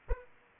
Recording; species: mosquito wingbeat signal from an infrared sensor; Aedes aegypti